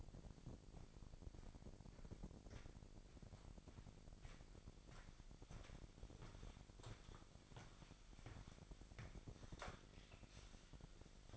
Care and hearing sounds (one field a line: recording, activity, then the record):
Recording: daily activity, microphone in the room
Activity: walk to room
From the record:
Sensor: 5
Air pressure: 1012.3 hPa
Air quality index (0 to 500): 238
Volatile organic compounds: 4 ppm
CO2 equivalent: 1584 ppm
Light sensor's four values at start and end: 56/131/54/57 and 53/122/51/54